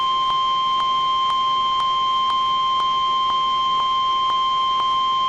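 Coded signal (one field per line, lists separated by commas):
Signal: Emergency Alert System (SAME) tones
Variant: 1050 Hz attention tone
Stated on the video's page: Required Weekly Test from NOAA Weather Radio transmitter KEC60, Milwaukee, Wisconsin.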